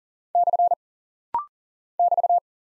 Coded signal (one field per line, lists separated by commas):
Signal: Morse code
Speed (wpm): 38 wpm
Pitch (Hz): 700 Hz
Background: none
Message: / <BT>